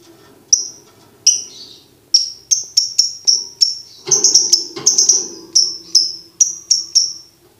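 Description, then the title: Lovebird chirping song, sharp high chirps repeated steadily, accelerating into dense overlapping notes before settling back, with a faint low hum beneath. Masteran training recording made for birds to learn ngekek. "MASTERAN BURUNG 2. Belajar Ngekek"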